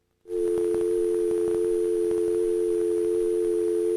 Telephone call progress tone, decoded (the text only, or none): dial tone